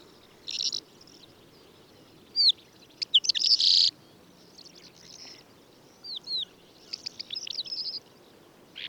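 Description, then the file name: Calandra lark calls: scattered bursts of buzzy, rattling chirps and short curved notes, coming in clusters separated by brief pauses over a quiet background. "suara call calandra lark"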